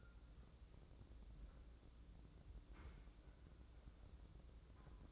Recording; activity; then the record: daily activity, microphone in the room; wipe stove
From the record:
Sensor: 3